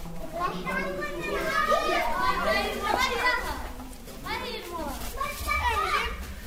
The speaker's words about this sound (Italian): Tra bambini che giocano e gridano